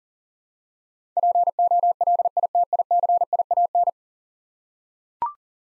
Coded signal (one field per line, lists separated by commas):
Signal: Morse code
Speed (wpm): 40 wpm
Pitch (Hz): 700 Hz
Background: none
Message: POLITICIAN